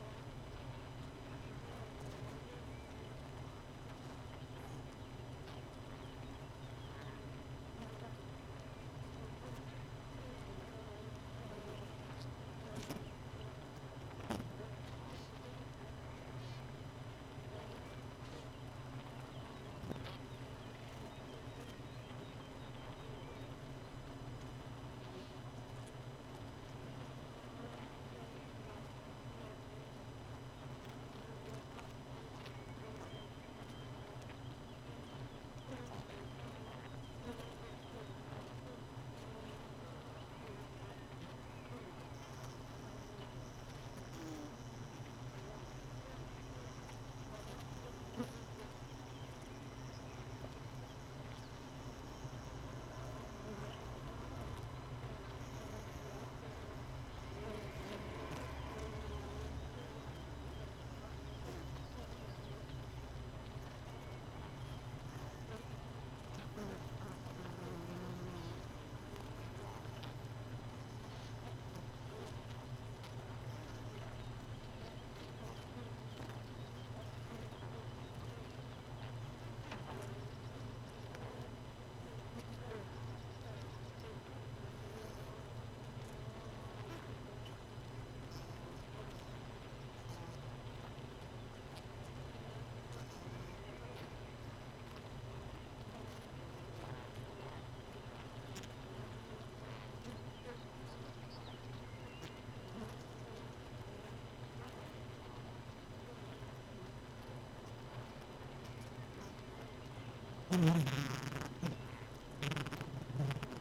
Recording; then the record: honeybee colony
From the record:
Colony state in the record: missing queen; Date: 31 May 2018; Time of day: 4:06